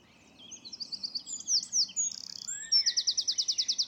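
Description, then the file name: Eurasian wren song: a rapid run of high, sharp notes and chirps, a brief buzzy burst, then a loud, fast trill of evenly repeated notes. "Troglodytes troglodytes"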